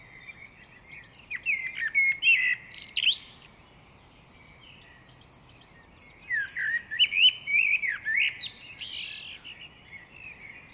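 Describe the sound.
Great tit calling with quick runs of thin chirps and harsh buzzy notes in two busy spells separated by a pause near the middle.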